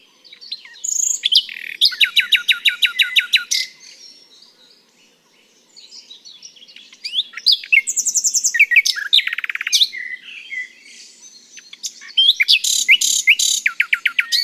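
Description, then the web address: Common nightingale song: loud rapid trills of repeated notes, pausing, then fainter varied phrases, a buzzy high burst and another fast rattling trill near the end. "SETE data Luscinia megarhynchos"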